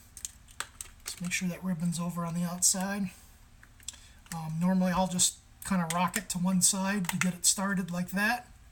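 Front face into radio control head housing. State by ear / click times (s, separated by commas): not seated / none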